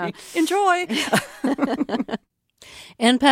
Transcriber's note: laughter